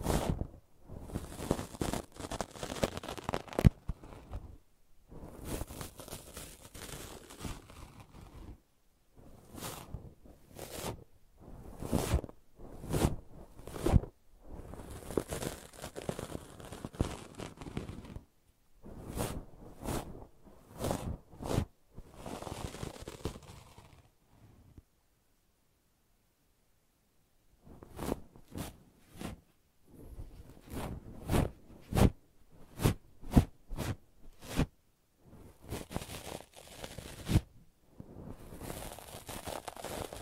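Brushing and scratching in bursts of quick, rough strokes, each a dry rasp running from low to bright. The strokes come in clusters of a few seconds separated by short pauses, with a longer silence around 25 to 28 seconds before the scratching resumes.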